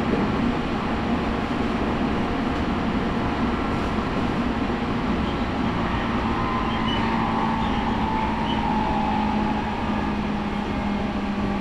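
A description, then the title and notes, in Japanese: A train on the Tokaido Main Line gives a steady, dense rumble with a low hum running straight through. From around six seconds a faint higher whine comes in and lingers. The loudness stays even the whole time, with no sharp events. 東海道本線 浜松→豊橋。6:20発の豊橋行きに乗車して。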